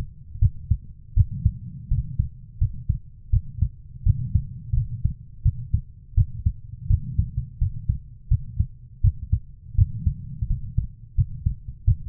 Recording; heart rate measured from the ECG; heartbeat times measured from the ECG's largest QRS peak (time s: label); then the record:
heart sounds by stethoscope; 84 bpm
0.39 s: heartbeat
1.14 s: heartbeat
1.88 s: heartbeat
2.58 s: heartbeat
3.30 s: heartbeat
4.04 s: heartbeat
4.74 s: heartbeat
5.43 s: heartbeat
6.15 s: heartbeat
6.87 s: heartbeat
7.59 s: heartbeat
8.28 s: heartbeat
9.01 s: heartbeat
9.75 s: heartbeat
10.47 s: heartbeat
11.15 s: heartbeat
11.85 s: heartbeat
From the record:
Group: healthy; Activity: rest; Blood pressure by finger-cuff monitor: 120/64 mmHg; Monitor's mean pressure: 84 mmHg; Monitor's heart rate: 83 bpm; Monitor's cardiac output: 7.9 L/min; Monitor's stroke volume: 94 mL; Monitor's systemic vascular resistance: 780 dyn s/cm5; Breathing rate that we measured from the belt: 22 breaths a minute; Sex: female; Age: 24 years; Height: 163 cm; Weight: 55.7 kg